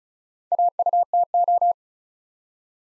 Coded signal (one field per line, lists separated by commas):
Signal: Morse code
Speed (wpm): 33 wpm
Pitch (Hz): 700 Hz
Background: none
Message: AUTO